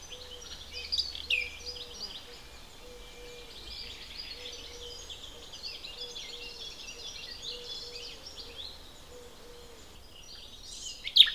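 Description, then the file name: Common nightingale song: rapid, varied high chirps and trills running throughout, with a series of short, low tonal notes beneath for most and a loud burst at the end. "Luscinia megarhynchos"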